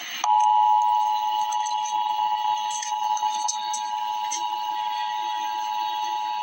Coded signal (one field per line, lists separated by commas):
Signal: Emergency Alert System (SAME) tones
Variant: 853 and 960 Hz attention tone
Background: speech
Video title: Emergency Alert System - Dense Fog Advisory - Feb 22, 2024 at 7:08 PM EST